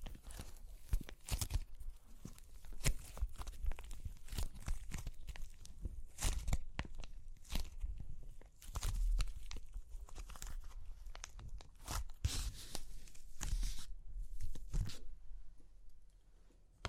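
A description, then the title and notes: Dry clay cracks and crunches in a dense run of sharp, irregular snaps and crackles, some louder bursts near six, nine and twelve seconds. Super Crunchy Clay Cracking (No Talking).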